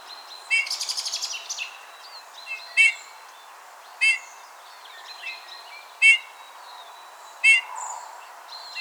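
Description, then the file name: Eurasian bullfinch calls: short piping notes with harmonics, repeated every one to two seconds, after a brief buzzy trill, with other faint chirps behind. "Pyrrhula pyrrhula"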